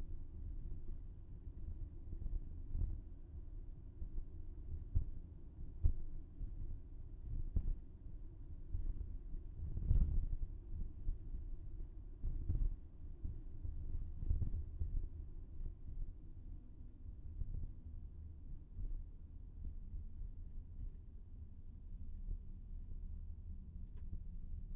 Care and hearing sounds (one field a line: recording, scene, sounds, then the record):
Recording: everyday scene through a hearing-aid microphone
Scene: in a vehicle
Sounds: engine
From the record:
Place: VW T5 Caravelle, diesel engine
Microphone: behind the ear, left, rear